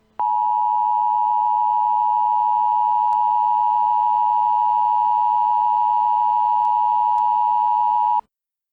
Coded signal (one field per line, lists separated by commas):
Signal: Emergency Alert System (SAME) tones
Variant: 853 and 960 Hz attention tone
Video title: EAS Senario- Shadow Demons